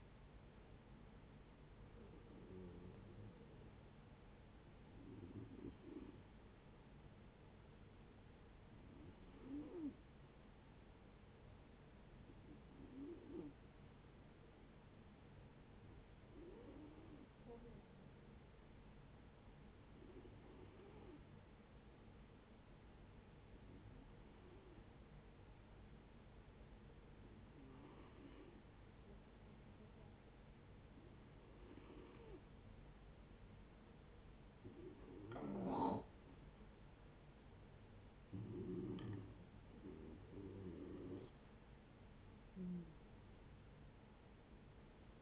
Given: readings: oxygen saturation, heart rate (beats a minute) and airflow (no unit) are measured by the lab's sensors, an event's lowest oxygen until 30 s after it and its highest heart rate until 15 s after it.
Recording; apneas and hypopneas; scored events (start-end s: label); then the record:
breathing in sleep by a voice recorder at the bedside; 1
13.00-37.80 s: hypopnea (N2, oxygen 95% highest, then 89% lowest)
36.00-45.22 s: new sleep stage, N1 (lightest sleep)
From the record:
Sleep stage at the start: N2 (light sleep); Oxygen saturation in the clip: 90 to 95%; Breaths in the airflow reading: 12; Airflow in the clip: -13.4 to 11.9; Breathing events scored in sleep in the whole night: 496 in 5.4 hours asleep